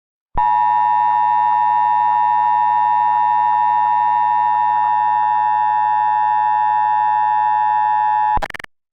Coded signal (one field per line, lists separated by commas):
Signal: Emergency Alert System (SAME) tones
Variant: 853 and 960 Hz attention tone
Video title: THE AWAKENING... a eas scenario recreation